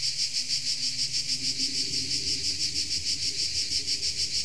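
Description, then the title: Insect chorus of steady, loud high pulses about three per second, over a faint low hum. Insects recorded in Tuscany. "Under Tuscan Bugs"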